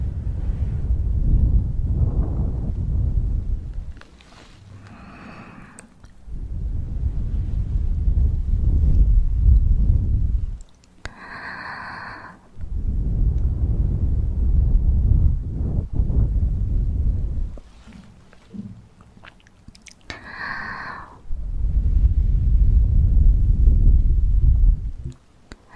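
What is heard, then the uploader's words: Mouth and ear massage with long stretches of low, muffled rubbing and rumbling that swell and pause every few seconds. Between them, quieter gaps carry brief brighter squeaks or wet mouth sounds, near 5, 11 and 20 seconds. Mouth and Ear Massage.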